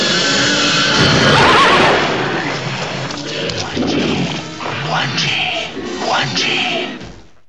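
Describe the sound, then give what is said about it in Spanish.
A horse whinnies briefly, its wavering high cry buried in a loud crashing burst, followed by a dense jumble of other animal calls, including a monkey and a lion, and rumbling noise. “Yo he detectado mono, caballo, león y Guanji.”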